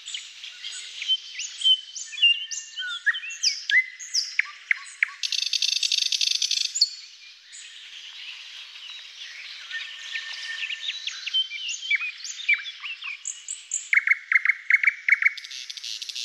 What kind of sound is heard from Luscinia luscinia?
song